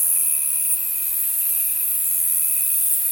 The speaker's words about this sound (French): C'est l'Ephippigère carénée. Donc elle chante en vagues, comme ça. C'est très très beau dans les roseaux, dans les petits buissons.